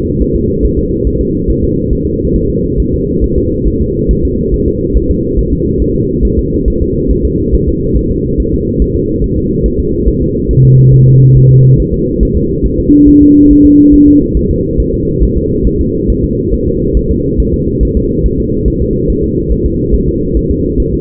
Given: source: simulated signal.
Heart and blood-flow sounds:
fetal heart sounds
0.22 s: S1
0.36 s: S2
0.65 s: S1
0.79 s: S2
1.07 s: S1
1.21 s: S2
1.50 s: S1
1.64 s: S2
1.93 s: S1
2.07 s: S2
2.36 s: S1
2.50 s: S2
2.80 s: S1
2.94 s: S2
3.24 s: S1
3.38 s: S2
3.67 s: S1
3.82 s: S2
4.11 s: S1
4.25 s: S2
4.54 s: S1
4.68 s: S2
4.97 s: S1
5.11 s: S2
5.39 s: S1
5.53 s: S2
5.82 s: S1
5.96 s: S2
6.25 s: S1
6.39 s: S2
6.68 s: S1
6.82 s: S2
7.11 s: S1
7.25 s: S2
7.54 s: S1
7.69 s: S2
7.97 s: S1
8.11 s: S2
8.40 s: S1
8.54 s: S2
8.82 s: S1
8.96 s: S2
9.24 s: S1
9.38 s: S2
9.66 s: S1
9.80 s: S2
10.08 s: S1
10.22 s: S2
10.51 s: S1
10.65 s: S2
10.94 s: S1
11.08 s: S2
11.37 s: S1
11.51 s: S2
11.80 s: S1
11.94 s: S2
12.23 s: S1
12.37 s: S2
12.66 s: S1
12.80 s: S2
13.09 s: S1
13.23 s: S2
13.51 s: S1
13.65 s: S2
13.94 s: S1
14.08 s: S2
14.37 s: S1
14.51 s: S2
14.80 s: S1
14.94 s: S2
15.23 s: S1
15.37 s: S2
15.67 s: S1
15.81 s: S2
16.10 s: S1
16.24 s: S2
16.53 s: S1
16.68 s: S2
16.97 s: S1
17.11 s: S2
17.40 s: S1
17.54 s: S2
17.83 s: S1
17.97 s: S2
18.26 s: S1
18.40 s: S2
18.68 s: S1
18.82 s: S2
19.10 s: S1
19.24 s: S2
19.52 s: S1
19.66 s: S2
19.95 s: S1
20.09 s: S2
20.37 s: S1
20.51 s: S2
20.80 s: S1
20.94 s: S2
From the record:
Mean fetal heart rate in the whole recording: 140 bpm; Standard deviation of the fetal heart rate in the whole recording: 2 bpm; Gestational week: 34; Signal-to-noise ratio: -10.2 dB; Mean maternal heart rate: 72 bpm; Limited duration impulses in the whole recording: present

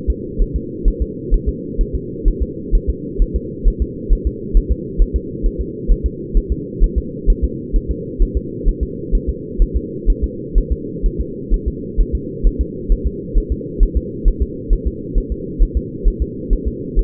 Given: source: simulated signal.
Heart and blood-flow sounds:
fetal heart sounds
0.10 s: S2
0.42 s: S1
0.56 s: S2
0.88 s: S1
1.02 s: S2
1.34 s: S1
1.49 s: S2
1.81 s: S1
1.95 s: S2
2.28 s: S1
2.42 s: S2
2.75 s: S1
2.89 s: S2
3.22 s: S1
3.36 s: S2
3.68 s: S1
3.82 s: S2
4.13 s: S1
4.27 s: S2
4.57 s: S1
4.71 s: S2
5.02 s: S1
5.16 s: S2
5.46 s: S1
5.61 s: S2
5.92 s: S1
6.06 s: S2
6.37 s: S1
6.52 s: S2
6.84 s: S1
6.98 s: S2
7.30 s: S1
7.44 s: S2
7.76 s: S1
7.91 s: S2
8.22 s: S1
8.37 s: S2
8.69 s: S1
8.83 s: S2
9.15 s: S1
9.29 s: S2
9.62 s: S1
9.76 s: S2
10.10 s: S1
10.24 s: S2
10.58 s: S1
10.72 s: S2
11.06 s: S1
11.20 s: S2
11.54 s: S1
11.68 s: S2
12.00 s: S1
12.15 s: S2
12.47 s: S1
12.61 s: S2
12.92 s: S1
13.07 s: S2
13.38 s: S1
13.52 s: S2
13.83 s: S1
13.97 s: S2
14.28 s: S1
14.42 s: S2
14.73 s: S1
14.87 s: S2
15.18 s: S1
15.32 s: S2
15.63 s: S1
15.77 s: S2
16.08 s: S1
16.22 s: S2
16.53 s: S1
16.67 s: S2
16.99 s: S1
From the record:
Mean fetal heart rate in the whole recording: 130 bpm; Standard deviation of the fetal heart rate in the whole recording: 4 bpm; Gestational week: 38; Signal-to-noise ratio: -4.1 dB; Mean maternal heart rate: no maternal heart sound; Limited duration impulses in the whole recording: absent

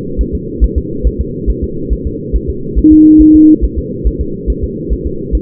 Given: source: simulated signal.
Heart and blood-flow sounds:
fetal heart sounds
0.21 s: S1
0.35 s: S2
0.64 s: S1
0.78 s: S2
1.07 s: S1
1.21 s: S2
1.50 s: S1
1.64 s: S2
1.93 s: S1
2.07 s: S2
2.36 s: S1
2.50 s: S2
2.79 s: S1
2.93 s: S2
3.22 s: S1
3.36 s: S2
3.64 s: S1
3.78 s: S2
4.07 s: S1
4.21 s: S2
4.50 s: S1
4.64 s: S2
4.93 s: S1
5.07 s: S2
5.35 s: S1
From the record:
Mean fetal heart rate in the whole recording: 140 bpm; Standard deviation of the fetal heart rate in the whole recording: 2 bpm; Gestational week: 34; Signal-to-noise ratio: -6.6 dB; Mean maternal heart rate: 72 bpm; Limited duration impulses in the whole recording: present

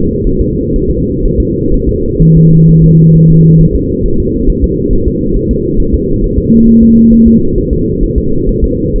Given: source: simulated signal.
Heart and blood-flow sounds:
fetal heart sounds
0.27 s: S1
0.41 s: S2
0.76 s: S1
0.91 s: S2
1.25 s: S1
1.40 s: S2
1.74 s: S1
1.89 s: S2
2.22 s: S1
2.37 s: S2
2.69 s: S1
2.84 s: S2
3.16 s: S1
3.30 s: S2
3.61 s: S1
3.75 s: S2
4.06 s: S1
4.20 s: S2
4.50 s: S1
4.64 s: S2
4.93 s: S1
5.08 s: S2
5.37 s: S1
5.51 s: S2
5.80 s: S1
5.95 s: S2
6.24 s: S1
6.38 s: S2
6.68 s: S1
6.83 s: S2
7.13 s: S1
7.28 s: S2
7.58 s: S1
7.73 s: S2
8.03 s: S1
8.18 s: S2
8.49 s: S1
8.64 s: S2
8.96 s: S1
From the record:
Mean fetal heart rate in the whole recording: 130 bpm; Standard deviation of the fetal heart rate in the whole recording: 4 bpm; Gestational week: 38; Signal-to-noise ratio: -16.4 dB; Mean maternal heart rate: 72 bpm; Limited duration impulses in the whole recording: present

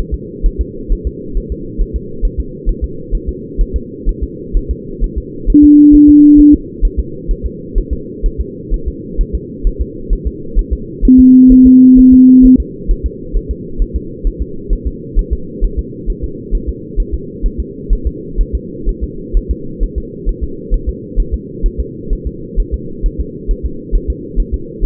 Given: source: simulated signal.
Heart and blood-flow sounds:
fetal heart sounds
0.14 s: S2
0.46 s: S1
0.61 s: S2
0.92 s: S1
1.07 s: S2
1.37 s: S1
1.52 s: S2
1.81 s: S1
1.96 s: S2
2.25 s: S1
2.40 s: S2
2.69 s: S1
2.84 s: S2
3.15 s: S1
3.29 s: S2
3.61 s: S1
3.76 s: S2
4.09 s: S1
4.23 s: S2
4.57 s: S1
4.71 s: S2
5.04 s: S1
5.18 s: S2
5.50 s: S1
5.64 s: S2
5.95 s: S1
6.09 s: S2
6.40 s: S1
6.54 s: S2
6.85 s: S1
6.99 s: S2
7.31 s: S1
7.46 s: S2
7.78 s: S1
7.93 s: S2
8.26 s: S1
8.41 s: S2
8.74 s: S1
8.88 s: S2
9.21 s: S1
9.35 s: S2
9.67 s: S1
9.81 s: S2
10.13 s: S1
10.27 s: S2
10.59 s: S1
10.73 s: S2
11.05 s: S1
11.20 s: S2
11.52 s: S1
11.66 s: S2
11.99 s: S1
12.13 s: S2
12.45 s: S1
12.60 s: S2
12.91 s: S1
13.06 s: S2
13.37 s: S1
13.51 s: S2
13.82 s: S1
13.96 s: S2
14.27 s: S1
14.42 s: S2
14.73 s: S1
14.87 s: S2
15.19 s: S1
15.33 s: S2
15.65 s: S1
15.79 s: S2
16.10 s: S1
16.24 s: S2
16.55 s: S1
16.69 s: S2
17.00 s: S1
17.14 s: S2
17.46 s: S1
17.60 s: S2
17.93 s: S1
18.07 s: S2
18.41 s: S1
18.55 s: S2
18.89 s: S1
19.03 s: S2
19.37 s: S1
19.51 s: S2
19.83 s: S1
19.98 s: S2
20.29 s: S1
20.44 s: S2
20.74 s: S1
20.89 s: S2
21.20 s: S1
21.34 s: S2
21.66 s: S1
21.80 s: S2
22.13 s: S1
22.27 s: S2
22.60 s: S1
22.74 s: S2
23.06 s: S1
23.20 s: S2
23.51 s: S1
23.66 s: S2
23.95 s: S1
24.10 s: S2
24.40 s: S1
24.54 s: S2
24.85 s: S1
From the record:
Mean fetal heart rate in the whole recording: 130 bpm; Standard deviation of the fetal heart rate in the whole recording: 4 bpm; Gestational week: 38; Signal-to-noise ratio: -4.3 dB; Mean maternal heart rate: 72 bpm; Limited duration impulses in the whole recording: present

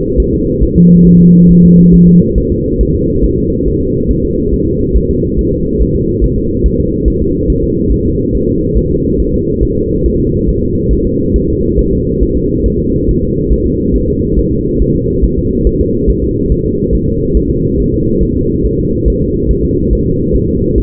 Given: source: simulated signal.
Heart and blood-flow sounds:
fetal heart sounds
0.20 s: S1
0.34 s: S2
0.63 s: S1
0.77 s: S2
1.07 s: S1
1.21 s: S2
1.51 s: S1
1.65 s: S2
1.94 s: S1
2.08 s: S2
2.38 s: S1
2.52 s: S2
2.81 s: S1
2.95 s: S2
3.24 s: S1
3.38 s: S2
3.68 s: S1
3.82 s: S2
4.11 s: S1
4.25 s: S2
4.54 s: S1
4.68 s: S2
4.97 s: S1
5.11 s: S2
5.39 s: S1
5.53 s: S2
5.82 s: S1
5.96 s: S2
6.24 s: S1
6.38 s: S2
6.66 s: S1
6.80 s: S2
7.08 s: S1
7.22 s: S2
7.50 s: S1
7.64 s: S2
7.92 s: S1
8.06 s: S2
8.35 s: S1
8.49 s: S2
8.78 s: S1
8.92 s: S2
9.20 s: S1
9.34 s: S2
9.63 s: S1
9.77 s: S2
10.06 s: S1
10.20 s: S2
10.49 s: S1
10.63 s: S2
10.93 s: S1
11.07 s: S2
11.36 s: S1
11.50 s: S2
11.79 s: S1
11.93 s: S2
12.23 s: S1
12.37 s: S2
12.66 s: S1
12.80 s: S2
13.09 s: S1
13.23 s: S2
13.53 s: S1
13.67 s: S2
13.96 s: S1
14.10 s: S2
14.39 s: S1
14.53 s: S2
14.82 s: S1
14.96 s: S2
15.24 s: S1
15.38 s: S2
15.67 s: S1
15.81 s: S2
16.10 s: S1
16.24 s: S2
16.52 s: S1
16.66 s: S2
16.95 s: S1
17.09 s: S2
17.37 s: S1
17.51 s: S2
17.80 s: S1
17.94 s: S2
18.23 s: S1
18.37 s: S2
18.66 s: S1
18.80 s: S2
19.08 s: S1
19.22 s: S2
19.51 s: S1
19.65 s: S2
19.93 s: S1
20.07 s: S2
20.36 s: S1
20.50 s: S2
20.78 s: S1
From the record:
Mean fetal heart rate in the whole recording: 140 bpm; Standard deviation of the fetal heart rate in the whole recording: 2 bpm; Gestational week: 34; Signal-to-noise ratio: -14.7 dB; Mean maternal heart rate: 72 bpm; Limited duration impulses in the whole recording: present

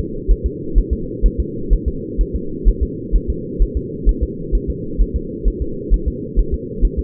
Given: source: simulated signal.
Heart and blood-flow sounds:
fetal heart sounds
0.31 s: S1
0.46 s: S2
0.78 s: S1
0.93 s: S2
1.26 s: S1
1.40 s: S2
1.73 s: S1
1.88 s: S2
2.21 s: S1
2.36 s: S2
2.69 s: S1
2.83 s: S2
3.16 s: S1
3.30 s: S2
3.62 s: S1
3.77 s: S2
4.09 s: S1
4.23 s: S2
4.55 s: S1
4.70 s: S2
5.01 s: S1
5.16 s: S2
5.48 s: S1
5.62 s: S2
5.94 s: S1
6.08 s: S2
6.39 s: S1
6.54 s: S2
6.85 s: S1
6.99 s: S2
From the record:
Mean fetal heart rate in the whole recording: 130 bpm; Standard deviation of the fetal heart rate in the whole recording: 2 bpm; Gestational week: 36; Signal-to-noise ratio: -4.3 dB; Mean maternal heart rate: 72 bpm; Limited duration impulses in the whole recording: absent

